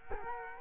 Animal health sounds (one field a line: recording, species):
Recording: mosquito wingbeat signal from an infrared sensor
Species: Culex quinquefasciatus